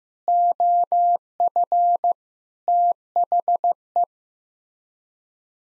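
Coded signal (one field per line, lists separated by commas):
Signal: Morse code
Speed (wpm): 15 wpm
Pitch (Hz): 700 Hz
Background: none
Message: OF THE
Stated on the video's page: Sets of nine common English words sent at 15 wpm as a head-copy drill; each set is sent, spoken, then sent again.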